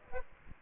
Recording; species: mosquito wingbeat signal from an infrared sensor; Aedes aegypti